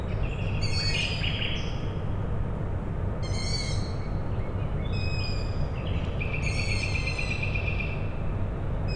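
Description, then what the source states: Owl chicks give squeaky calls in spaced bursts over a droning low background rumble. Owl chicks calling at night, Tuesday 21 May 2019, Michałkowice Plac Sportowy, Siemianowice Śląskie, Poland; industrial plant in background; recorded with Zoom H5 and Audio-Technica BP4025.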